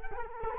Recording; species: mosquito wingbeat signal from an infrared sensor; Culex quinquefasciatus